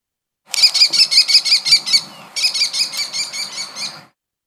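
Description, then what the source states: American kestrel calling: two fast bursts of shrill, high-pitched repeated notes, the second burst following a brief pause. Agitated-sounding, fast, high-pitched complaint; small falcon well adapted to human environments.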